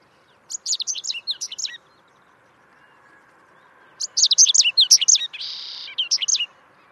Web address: cantos cachirlacomun